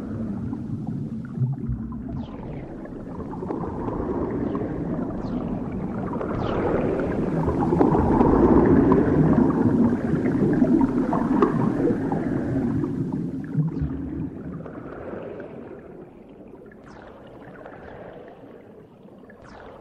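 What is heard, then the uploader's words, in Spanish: Dense underwater bubbling hisses and churns, swelling louder around the middle, with scattered bright pops and low rumbling throughout, easing toward the end. Sonido de burbujas bajo el agua.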